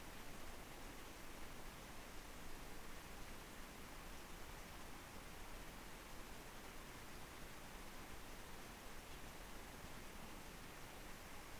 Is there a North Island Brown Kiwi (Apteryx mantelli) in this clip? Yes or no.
no